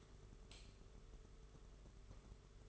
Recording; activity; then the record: daily activity, microphone in the room; light on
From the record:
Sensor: 4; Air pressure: 991.8 hPa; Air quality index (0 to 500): 98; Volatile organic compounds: 11 ppm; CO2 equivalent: 2287 ppm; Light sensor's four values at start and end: 7/16/6/6 and 7/16/6/6